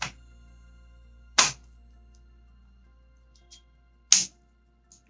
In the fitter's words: Taxi जब आवाज आएगी ना, तो मतलब आपका लेंस आपके कैमरे से अटैच हो गया है।